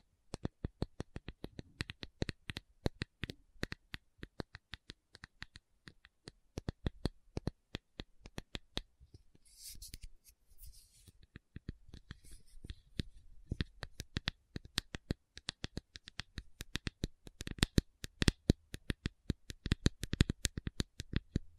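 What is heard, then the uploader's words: A tapping session with no talking: quick, sharp taps fall in dense, irregular bursts for the full length. Around ten to eleven seconds the taps thin out and a soft, hissy scratching takes over briefly before the rapid tapping resumes. Tapping Session (No Talking).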